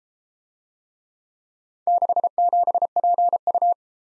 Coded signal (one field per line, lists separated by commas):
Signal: Morse code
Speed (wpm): 32 wpm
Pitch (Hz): 700 Hz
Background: none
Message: 67PU